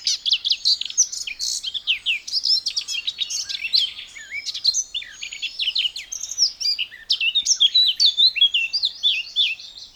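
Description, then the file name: Eurasian blackcap warbling continuously in rapid, varied high twittering phrases with quick chirps and trills, no pauses, and no other clear sounds. "Sylvia atricapilla"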